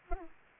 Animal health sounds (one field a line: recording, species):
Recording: mosquito wingbeat signal from an infrared sensor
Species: Aedes aegypti